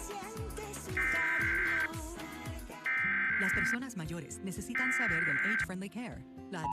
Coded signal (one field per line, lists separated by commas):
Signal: Emergency Alert System (SAME) tones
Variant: header bursts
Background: speech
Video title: San Diego County Required Monthly Test (EAS #1180-1183) 9/6/23